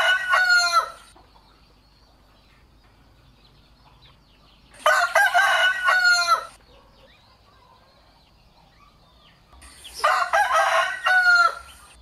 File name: tieng ga gay